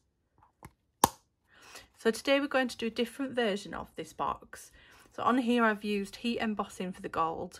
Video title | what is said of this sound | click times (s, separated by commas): Elegant Flip Top Box featuring Stampin' Up! Simply Elegant Suite | and it closes it just snaps into place so | 1.0 s